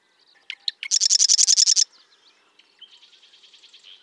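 Bird song opening with a few sharp chips, then a loud, fast rattling trill, followed by a softer, lower buzzy trill.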